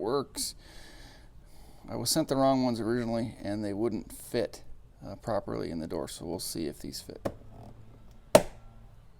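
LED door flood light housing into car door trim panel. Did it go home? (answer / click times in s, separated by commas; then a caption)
yes / 8.3 s. A replacement LED door flood light (puddle light) housing for a Q50 is pressed into its opening in the car door trim panel, because the first ones sent were wrong and did not fit. Someone talks, then a single sharp snap at 8.4 s marks the housing seating into the panel.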